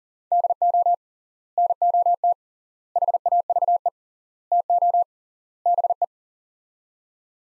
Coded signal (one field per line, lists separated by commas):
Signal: Morse code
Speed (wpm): 40 wpm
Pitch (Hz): 700 Hz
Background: none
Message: DO NOT HAVE TO BE